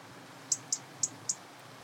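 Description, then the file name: European robin giving four quick, high, thin ticks spaced roughly a quarter second apart against soft background hiss. "Erithacus rubecula"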